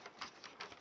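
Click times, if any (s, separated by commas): 0.2 s, 0.6 s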